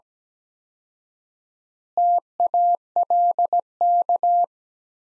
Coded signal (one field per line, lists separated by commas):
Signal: Morse code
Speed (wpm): 17 wpm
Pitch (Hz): 700 Hz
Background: none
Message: TALK